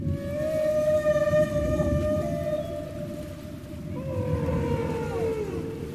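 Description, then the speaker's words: Humpback whale song: a long, steady moaning tone with stacked harmonics, then a lower unit sliding downward, over a rumbling low background. Played as an example of how a humpback whale sings; humpback whales produce song, a theme repeated again and again, like a refrain. "Mens en knølhval kanskje synger litt mer som dette."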